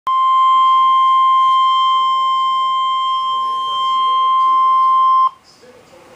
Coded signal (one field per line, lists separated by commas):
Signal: Emergency Alert System (SAME) tones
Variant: 1050 Hz attention tone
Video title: EAS Alert #321 (Tornado Warning)